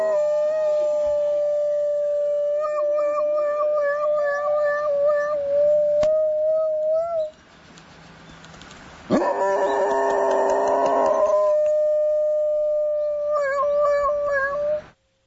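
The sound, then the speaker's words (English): A hound howls in long, wavering tones that rise and fall like a siren, holding steady pitches with brief breaks, then erupting into a louder, more frantic burst before settling into sustained howling again. “One more time if I can hear that dog imitating a siren.”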